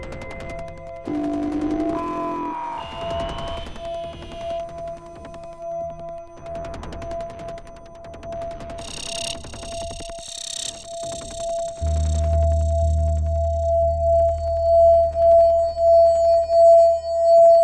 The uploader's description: experimental electronic drone noise